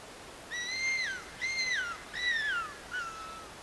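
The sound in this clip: Madagascar cuckoo-hawk, a run of four whistled calls, each a sustained note falling at the end, spaced under a second apart, the final note weaker.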